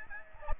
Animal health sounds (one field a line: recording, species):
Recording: mosquito wingbeat signal from an infrared sensor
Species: Aedes aegypti